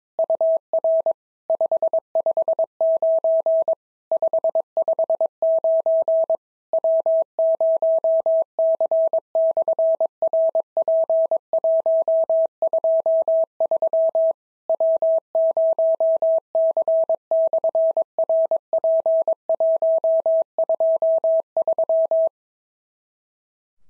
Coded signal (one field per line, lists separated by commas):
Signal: Morse code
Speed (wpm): 22 wpm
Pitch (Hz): 650 Hz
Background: none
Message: UR 559 559 W0C/RP123 W0C/RP123